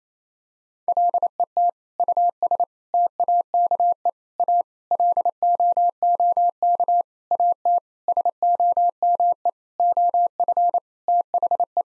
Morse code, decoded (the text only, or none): LET US TAKE A LOOK AT SOME OF THE